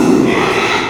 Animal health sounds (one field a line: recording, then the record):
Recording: squeal of a Yucatan mini pig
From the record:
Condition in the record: after surgery on the right vocal fold (resection and tissue-engineered implant)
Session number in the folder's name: 1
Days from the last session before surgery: 6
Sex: male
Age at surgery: 12 weeks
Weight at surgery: 13 kg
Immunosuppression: cyclosporine, prednisolone